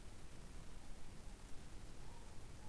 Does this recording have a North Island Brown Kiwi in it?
no